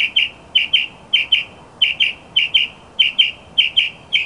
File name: kicauan-burung-northern-mockingbird -omkicau